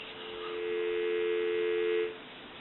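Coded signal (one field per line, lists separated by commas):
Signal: telephone call progress tone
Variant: North America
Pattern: dial tone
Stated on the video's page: Heard on a Western Electric 302 rotary desk telephone under checkout and repair.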